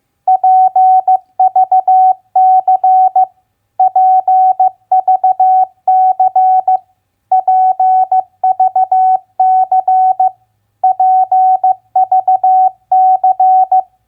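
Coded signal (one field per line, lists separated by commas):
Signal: Morse code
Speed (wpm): 15 wpm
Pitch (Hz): 750 Hz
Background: none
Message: PVC PVC PVC PVC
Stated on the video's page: Morse word-recognition practice of common three-letter words at 15 wpm.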